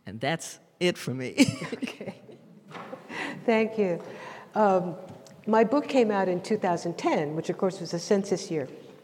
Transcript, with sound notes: and that’s it for me.
Okay. (laughing) Thank you. My book came out in 2010, which of course was a census year.